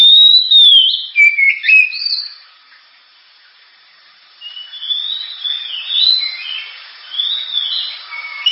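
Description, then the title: Oriental magpie-robin song: a clear downslurred whistle and short chirps, a silent gap, then softer rising and falling whistled phrases. Constantly singing ('gacor'), sharp, very loud song, described as suited as a lure ('pancingan') to prompt other birds to sing. "Kacer Gacor Suara Tajam. Kacer Gacor Suara Super Kenceng Cocok untuk Pancingan"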